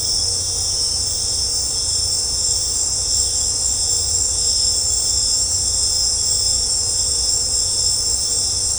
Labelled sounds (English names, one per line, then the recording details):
none
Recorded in secondary vegetation near Puerto Asís, Putumayo, Colombia, on 18 December 2024 at 18:30
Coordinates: 0.502, -76.326
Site G028